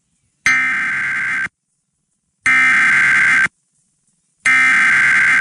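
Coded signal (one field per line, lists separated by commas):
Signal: Emergency Alert System (SAME) tones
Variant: header bursts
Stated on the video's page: Real EAS alerts from a tornado outbreak.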